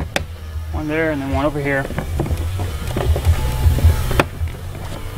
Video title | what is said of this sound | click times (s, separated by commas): Part 2/2: Chrysler 300 Mopar mesh grille Part # 82213053 | it's locked into place now the bumper cover is ready to be reinstalled | 4.2 s